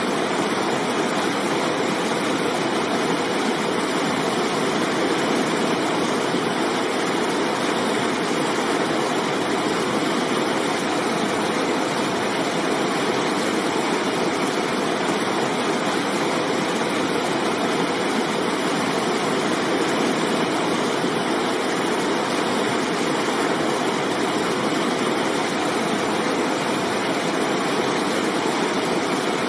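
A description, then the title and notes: A river flows in a steady, unbroken rush, its dense hiss spread evenly from low rumble up to bright spray. Nothing changes across the whole stretch: no splashes or distinct events, just a constant wash of water with a faint, fixed tone running beneath. Steady River White Noise. Water Flowing Sounds.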